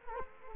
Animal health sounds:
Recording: mosquito wingbeat signal from an infrared sensor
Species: Culex quinquefasciatus

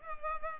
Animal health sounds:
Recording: mosquito wingbeat signal from an infrared sensor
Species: Culex pipiens

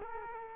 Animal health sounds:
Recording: mosquito wingbeat signal from an infrared sensor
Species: Culex quinquefasciatus

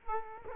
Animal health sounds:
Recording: mosquito wingbeat signal from an infrared sensor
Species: Culex quinquefasciatus

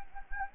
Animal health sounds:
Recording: mosquito wingbeat signal from an infrared sensor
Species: Anopheles gambiae

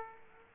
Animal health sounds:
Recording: mosquito wingbeat signal from an infrared sensor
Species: Aedes aegypti

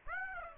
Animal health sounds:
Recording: mosquito wingbeat signal from an infrared sensor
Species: Aedes aegypti

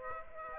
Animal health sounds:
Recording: mosquito wingbeat signal from an infrared sensor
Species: Aedes aegypti

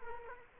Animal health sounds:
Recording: mosquito wingbeat signal from an infrared sensor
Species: Culex quinquefasciatus

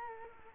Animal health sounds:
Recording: mosquito wingbeat signal from an infrared sensor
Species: Culex quinquefasciatus

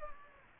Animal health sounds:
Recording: mosquito wingbeat signal from an infrared sensor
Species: Aedes aegypti

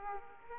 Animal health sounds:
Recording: mosquito wingbeat signal from an infrared sensor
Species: Aedes aegypti

